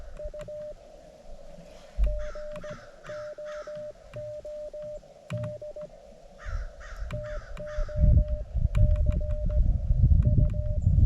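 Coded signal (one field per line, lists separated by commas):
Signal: Morse code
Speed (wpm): 16 wpm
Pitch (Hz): 590 Hz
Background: none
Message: U GOOD TO C U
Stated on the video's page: Morse from a POTA park activation at 10 watts, reaching Europe, Mexico and Canada, with over 50 contacts.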